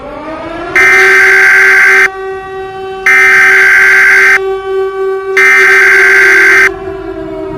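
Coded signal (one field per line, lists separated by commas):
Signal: Emergency Alert System (SAME) tones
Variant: header bursts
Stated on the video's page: Fictional EAS scenario about a deadly virus.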